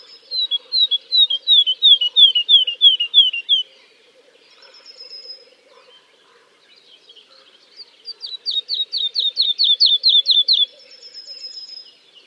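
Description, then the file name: Woodlark singing liquid descending whistles in quick succession, a short pause with soft notes, then a long run of bright repeated phrases, followed by a thin high whistle. "kicau master woodlark"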